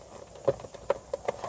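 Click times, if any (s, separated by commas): none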